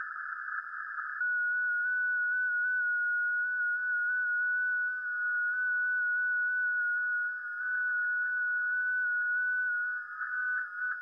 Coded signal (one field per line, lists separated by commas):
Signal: FT8